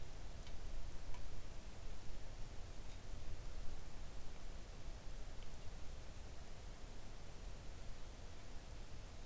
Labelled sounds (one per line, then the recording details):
rain
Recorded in the Arctic National Wildlife Refuge, Alaska, on 3 August 2019 at 05:46
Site 41